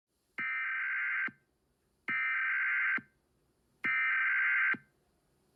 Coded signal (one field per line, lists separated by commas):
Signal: Emergency Alert System (SAME) tones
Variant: header bursts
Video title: Terror Dogs: An EAS Horror Scenario (Non Age-Restricted Version)